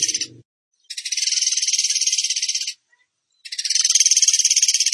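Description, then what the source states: Bird song: long, high, rapid rattling trills of steady pulses separated by short pauses, with a brief low sound at the start. Bird singing in the tembakan gacor style, for training other birds (masteran).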